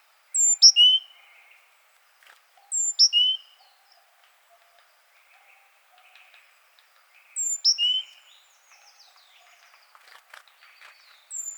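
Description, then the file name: Great tit: short bright phrases of sharp high notes stepping down in pitch, repeated several times at irregular gaps, with faint softer chirps between. "Parus major"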